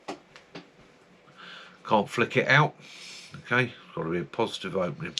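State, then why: Not seated. A non-locking slip-joint folding pocket knife is handled, its steel blade being opened into the handle with thumb pressure rather than flicked out, to comply with UK rules. A few short taps are heard at the start while someone talks. The blade has not yet clicked into its open position by the end of the clip.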